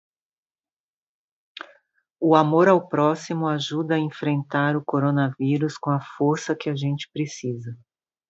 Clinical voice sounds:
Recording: spoken sentence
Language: Brazilian Portuguese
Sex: female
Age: 40 to 49 years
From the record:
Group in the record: control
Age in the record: 49 years

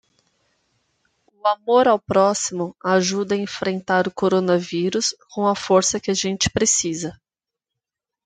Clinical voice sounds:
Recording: spoken sentence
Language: Brazilian Portuguese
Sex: female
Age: 30 to 39 years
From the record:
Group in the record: control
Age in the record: 34 years

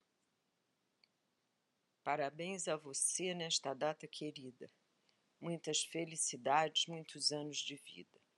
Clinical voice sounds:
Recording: short text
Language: Brazilian Portuguese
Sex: female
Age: 60 to 69 years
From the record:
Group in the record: control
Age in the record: 68 years

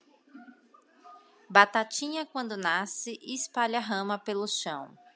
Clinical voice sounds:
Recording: short text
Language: Brazilian Portuguese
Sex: female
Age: 30 to 39 years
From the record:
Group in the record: control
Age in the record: 35 years

